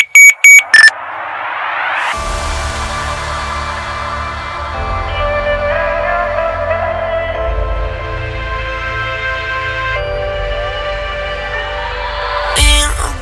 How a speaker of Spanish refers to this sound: 52 Hz Bass.